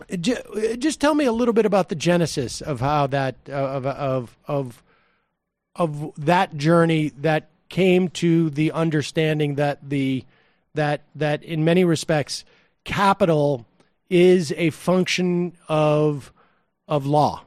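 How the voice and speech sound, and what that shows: Adult male speech with sound and word repetitions such as a repeated 'the the', stretched sounds and broken restarts, typical of stuttering. He speaks slowly, and his stutter is milder now than it was in the past.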